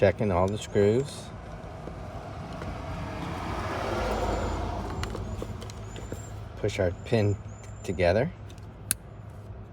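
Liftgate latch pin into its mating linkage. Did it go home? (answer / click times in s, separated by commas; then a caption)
yes / 8.9 s. While someone talks over a steady low hum, the latch pin of a Sportage liftgate latch linkage is pushed together into its mating linkage while the new liftgate switch and latch are fitted. Light ticks sound around 5.0–6.0 s, then one sharp, solid click at 8.9 s as the pin seats.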